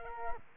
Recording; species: mosquito wingbeat signal from an infrared sensor; Culex quinquefasciatus